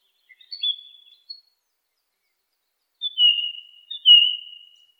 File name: suara-kicauan-burung-song-thrush -omkicau